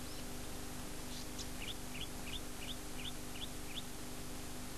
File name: Golden-headed Cisticola